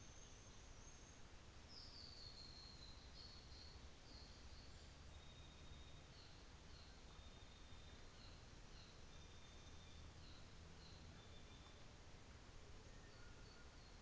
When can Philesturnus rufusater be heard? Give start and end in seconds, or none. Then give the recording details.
4.97-12.06. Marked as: faintness 3/5, faintness 5/5. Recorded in New Zealand on 24 December 2018. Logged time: 15:00